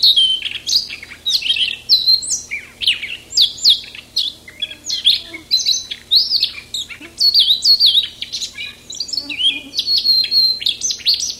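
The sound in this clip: Siberian rubythroat song, long and unbroken, with quick high chirps, rising and falling whistles and buzzy trills tumbling one after another.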